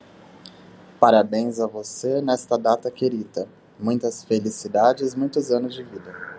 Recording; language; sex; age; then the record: short text; Brazilian Portuguese; male; 30 to 39 years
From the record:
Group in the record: control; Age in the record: 31 years